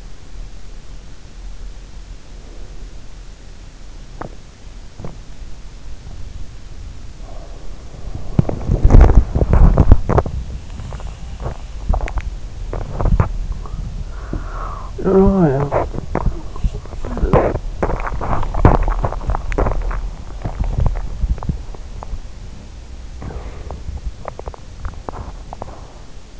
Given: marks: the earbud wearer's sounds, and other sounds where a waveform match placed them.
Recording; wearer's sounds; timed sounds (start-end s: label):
sounds in sleep by an in-ear microphone; breath, teeth grinding, body movement, talking in sleep
2.17-3.61 s: breath
3.85-5.37 s: teeth grinding
7.05-26.40 s: body movement
14.38-16.76 s: talking in sleep